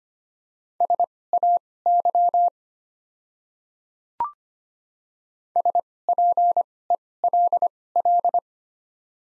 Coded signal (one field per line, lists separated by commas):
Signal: Morse code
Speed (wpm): 25 wpm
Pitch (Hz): 700 Hz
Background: none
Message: SAY SPELL